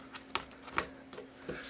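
A black modular cable connector is pushed into the socket on a Thermaltake Toughpower Cable Management 1200W power supply and latches with a sharp click at 0.8 s, held very secure. Softer plastic clicks and taps come around it, with a louder knock at about 0.4 s.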